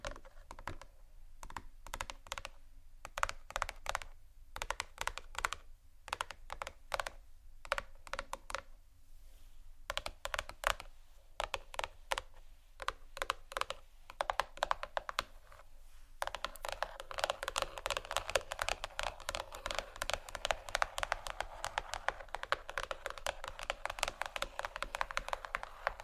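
Crisp tapping on marble and wood comes in quick irregular bursts with short pauses, sounding almost like typing. Around sixteen seconds it gives way to a denser, continuous scratching and crinkling that fills the rest, brighter and busier, over a faint low hum.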